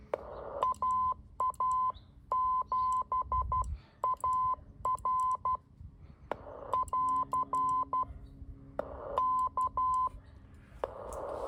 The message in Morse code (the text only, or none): AA7AR <AR> K